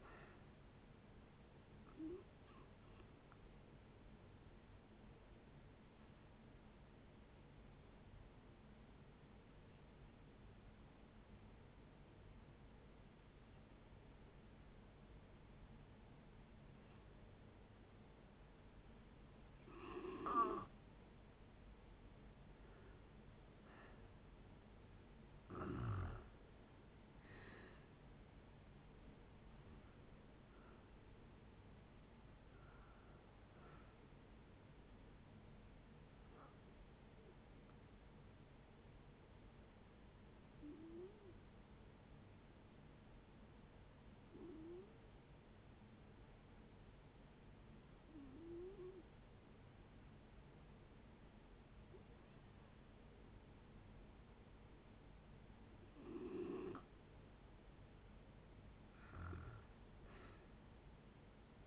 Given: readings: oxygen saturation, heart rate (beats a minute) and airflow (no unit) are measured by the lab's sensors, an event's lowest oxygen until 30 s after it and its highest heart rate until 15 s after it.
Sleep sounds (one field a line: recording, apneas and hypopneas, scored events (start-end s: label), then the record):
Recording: breathing in sleep by a voice recorder at the bedside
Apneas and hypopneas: 2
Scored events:
3.00-24.80 s: hypopnea (N2, oxygen 93% highest, then 84% lowest)
27.00-61.67 s: new sleep stage, N1 (lightest sleep)
39.00-57.50 s: hypopnea (N1, oxygen 97% highest, then 87% lowest)
From the record:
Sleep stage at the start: N2 (light sleep)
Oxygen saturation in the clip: 82 to 97%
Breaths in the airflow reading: 17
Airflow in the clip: -8.6 to 10.4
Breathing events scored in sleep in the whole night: 496 in 5.4 hours asleep